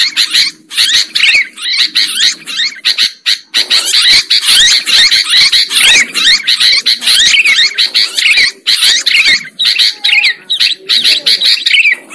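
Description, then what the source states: Sooty-headed bulbul pouring out a long, nearly continuous chatter of slurred, bubbly notes. Bird lure recording.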